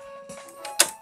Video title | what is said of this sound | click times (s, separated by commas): 2010 Star Wars Hasbro Legacy Edition At-At | you hear the click, | 0.8 s